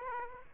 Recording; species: mosquito wingbeat signal from an infrared sensor; Aedes aegypti